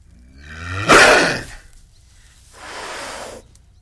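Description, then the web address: Leopard growl, one harsh rasping snarl about half a second long, followed after a pause by a softer breathy exhalation. "big cats|leopards"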